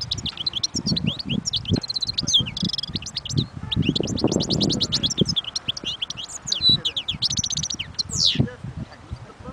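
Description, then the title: European goldfinch song, a long fast twittering stream with buzzy trills and tinkling notes, over steady low knocking and rumble. Wild bird. "اجمل غناءالحسون الخلويchant chardonneret sauvage"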